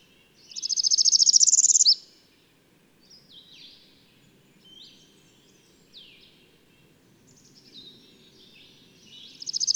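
Bird song: a quick high rattling trill, then scattered thin downslurred calls before a new trill begins.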